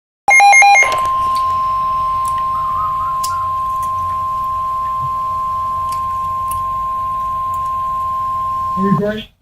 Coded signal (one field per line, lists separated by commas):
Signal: Emergency Alert System (SAME) tones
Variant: 1050 Hz attention tone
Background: speech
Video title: Severe Thunderstorm Warning (EAS #496)